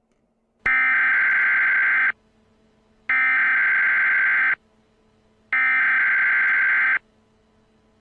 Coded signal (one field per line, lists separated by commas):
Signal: Emergency Alert System (SAME) tones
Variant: header bursts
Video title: The End of the World (eas scenario) *Nick3535 version*